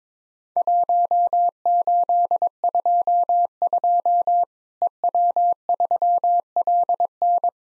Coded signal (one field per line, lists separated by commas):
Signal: Morse code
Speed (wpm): 21 wpm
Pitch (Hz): 700 Hz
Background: none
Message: 1822 EW3LN